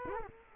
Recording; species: mosquito wingbeat signal from an infrared sensor; Culex quinquefasciatus